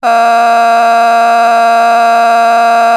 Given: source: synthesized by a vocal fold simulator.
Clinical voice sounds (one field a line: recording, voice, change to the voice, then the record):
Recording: sustained vowel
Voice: female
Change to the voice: a random mix of aspiration noise, stiffness perturbation and strain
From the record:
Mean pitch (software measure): 232 Hz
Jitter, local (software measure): 1.26%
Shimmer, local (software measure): 4.1%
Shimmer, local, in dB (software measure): 0.35 dB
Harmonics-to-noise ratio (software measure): 17.0 dB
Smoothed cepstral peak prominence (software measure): 16.3 dB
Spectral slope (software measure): -17.6 dB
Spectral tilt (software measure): -8.2 dB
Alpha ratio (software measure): -8.1 dB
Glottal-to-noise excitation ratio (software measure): 0.963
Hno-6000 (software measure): 1.7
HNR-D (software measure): 39.4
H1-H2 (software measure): -1.9 dB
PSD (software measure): 6.2e-05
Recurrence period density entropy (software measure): 0.117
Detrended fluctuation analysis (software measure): 0.0107